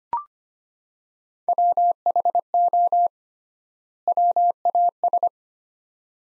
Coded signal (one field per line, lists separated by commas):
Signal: Morse code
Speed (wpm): 25 wpm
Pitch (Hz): 700 Hz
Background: none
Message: WHO WAS